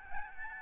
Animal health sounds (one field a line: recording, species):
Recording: mosquito wingbeat signal from an infrared sensor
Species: Aedes albopictus